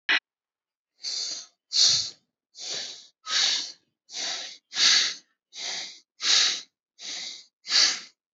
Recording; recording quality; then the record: shallow breathing; excellent, no background noise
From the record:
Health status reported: healthy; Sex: male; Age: 39 years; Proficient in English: yes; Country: India